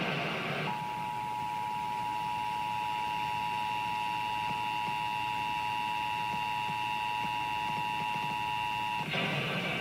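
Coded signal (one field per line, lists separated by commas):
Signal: Emergency Alert System (SAME) tones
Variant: 853 and 960 Hz attention tone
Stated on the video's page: Iowa Required Monthly Test originated from an AM station and relayed by radio and TV stations.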